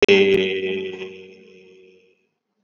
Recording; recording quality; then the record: sustained vowel as in made; excellent, no background noise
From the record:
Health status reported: COVID-19 positive, mild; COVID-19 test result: positive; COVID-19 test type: RT-PCR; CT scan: taken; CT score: 22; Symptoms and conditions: cough, cold, sore throat, fever, fatigue, muscle pain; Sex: male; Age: 45 years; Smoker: no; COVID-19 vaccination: both doses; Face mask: worn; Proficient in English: yes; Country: India